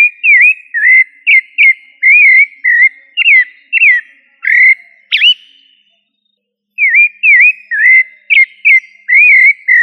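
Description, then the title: Thrush whistling a fast run of looping slurred notes, then a sharp upsweep, a short silence, and another run of similar phrases. "Familia Turdidae - Sabia"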